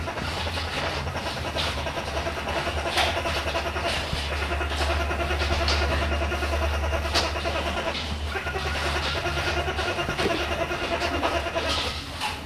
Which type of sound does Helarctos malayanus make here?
call